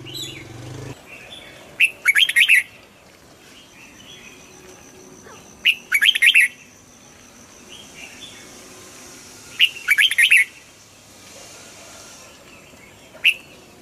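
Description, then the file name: Red-whiskered bulbul singing short, bright chattering bursts roughly every four seconds over quiet background twittering and a thin high whistle. Huế strain bulbul singing in the giọng kép (double-voice) song style. "Tieng chao mao hue hot giong kep"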